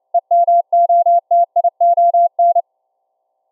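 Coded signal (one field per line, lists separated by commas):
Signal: Morse code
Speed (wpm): 29 wpm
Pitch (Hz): 690 Hz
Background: none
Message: EMOTION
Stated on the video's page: 2.6kHz CW from a Raspberry Pi headphone jack into a ferrite rod loop, received by laptop SDR on another loop and converted to 690Hz audio; through-the-earth test.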